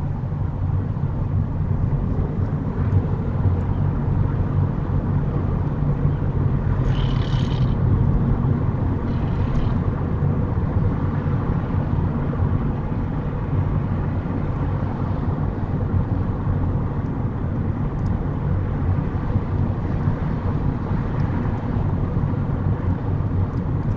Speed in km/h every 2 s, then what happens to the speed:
32, 35, 39, 40, 42, 42, 40, 39, 39, 40, 39, 37.
0-7 speeds up to 42. 7-24 steady at about 39.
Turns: none.